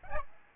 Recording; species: mosquito wingbeat signal from an infrared sensor; Aedes albopictus